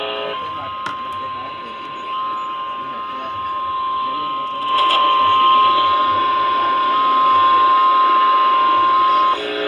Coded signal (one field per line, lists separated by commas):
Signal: Emergency Alert System (SAME) tones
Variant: 1050 Hz attention tone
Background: speech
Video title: THANKSGIVING DAY EAS Alerts from 11/24/22 (EAS#50 & #58)